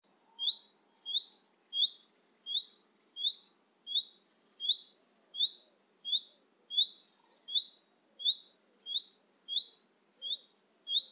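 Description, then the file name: Common nightingale repeating a sharp high note with a brief flicked tail, roughly every 0.7 seconds in a long regular run, over faint background chirping. "Luscinia megarhynchos"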